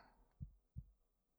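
Two deep, soft thumps about a third of a second apart form one lub-dub heartbeat, with only a faint hum behind it. The heart is pounding again from excitement.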